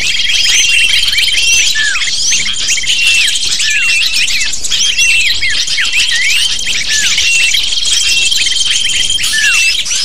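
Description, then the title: Lovebirds chattering in a dense flock, with many rapid shrill chirps and squeaks overlapping continuously, plus a steady thin high tone running through. Lovebird calls used as a lure (pikat) to attract lovebirds. "PIKAT BURUNG LOVEBIRD"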